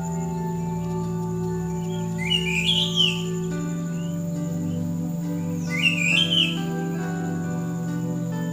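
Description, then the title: Bird gives two brief twittering bursts about three seconds apart, each a cluster of rising and falling chirps, set against a persistent low hum. "SuaraBurung Kicau"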